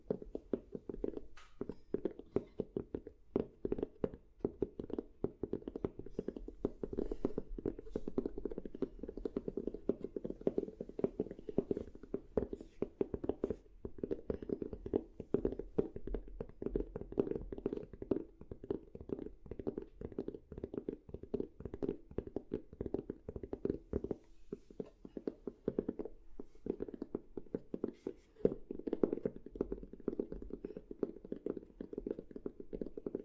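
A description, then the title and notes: Tapping on objects runs through the whole clip as a dense, uneven stream of quick knocks with a hollow, mid-low body. The taps come in irregular bursts with brief pauses, including a short lull around the 24-second mark, and a few sharper, louder hits stand out. Ear To Ear Relaxing Tapping on Different Objects（No Talking）.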